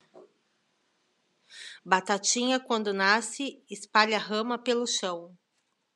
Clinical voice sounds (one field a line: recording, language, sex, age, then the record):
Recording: short text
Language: Brazilian Portuguese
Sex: female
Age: 30 to 39 years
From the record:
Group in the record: control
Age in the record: 39 years